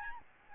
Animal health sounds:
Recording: mosquito wingbeat signal from an infrared sensor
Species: Aedes albopictus

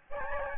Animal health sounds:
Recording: mosquito wingbeat signal from an infrared sensor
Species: Aedes albopictus

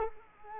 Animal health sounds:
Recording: mosquito wingbeat signal from an infrared sensor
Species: Culex quinquefasciatus

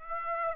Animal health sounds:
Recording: mosquito wingbeat signal from an infrared sensor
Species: Aedes aegypti

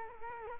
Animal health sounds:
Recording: mosquito wingbeat signal from an infrared sensor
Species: Culex quinquefasciatus

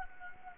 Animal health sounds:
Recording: mosquito wingbeat signal from an infrared sensor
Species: Anopheles gambiae

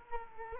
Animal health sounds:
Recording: mosquito wingbeat signal from an infrared sensor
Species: Culex quinquefasciatus

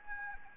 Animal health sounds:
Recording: mosquito wingbeat signal from an infrared sensor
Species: Anopheles gambiae

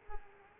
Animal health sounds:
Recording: mosquito wingbeat signal from an infrared sensor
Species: Culex pipiens

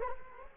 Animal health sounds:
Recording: mosquito wingbeat signal from an infrared sensor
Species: Culex quinquefasciatus

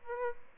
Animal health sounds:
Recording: mosquito wingbeat signal from an infrared sensor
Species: Aedes albopictus

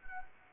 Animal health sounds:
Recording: mosquito wingbeat signal from an infrared sensor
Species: Anopheles arabiensis

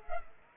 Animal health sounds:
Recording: mosquito wingbeat signal from an infrared sensor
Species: Culex pipiens

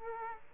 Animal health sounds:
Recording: mosquito wingbeat signal from an infrared sensor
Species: Culex quinquefasciatus

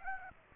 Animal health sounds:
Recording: mosquito wingbeat signal from an infrared sensor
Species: Aedes aegypti

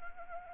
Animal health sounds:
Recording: mosquito wingbeat signal from an infrared sensor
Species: Anopheles arabiensis

